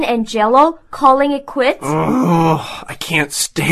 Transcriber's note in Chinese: sighs